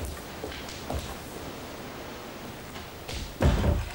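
A door that is letting in blowing wind is pushed shut, ending in a solid, heavy thud near the end, with a softer knock earlier, over a steady background hiss.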